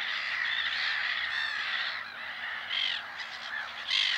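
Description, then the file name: Black-headed gull calls: a harsh chorus of grating cries, thinning slightly midway before sharper individual squeals break through near the end. "mouette rieuse"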